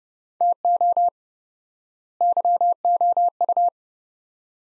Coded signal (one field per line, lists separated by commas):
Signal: Morse code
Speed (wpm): 30 wpm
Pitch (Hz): 700 Hz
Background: none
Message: TO YOU